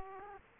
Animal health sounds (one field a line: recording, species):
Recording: mosquito wingbeat signal from an infrared sensor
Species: Aedes aegypti